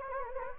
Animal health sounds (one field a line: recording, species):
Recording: mosquito wingbeat signal from an infrared sensor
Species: Anopheles gambiae